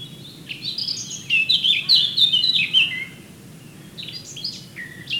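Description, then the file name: Eurasian blackcap song, a rapid scratchy warble of varied high notes building to a louder phrase, then a few softer scattered notes; faint low background hum. "Sylvia atricapilla"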